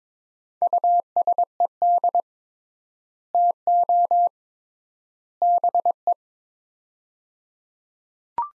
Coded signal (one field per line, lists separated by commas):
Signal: Morse code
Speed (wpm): 22 wpm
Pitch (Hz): 700 Hz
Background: none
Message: USED TO BE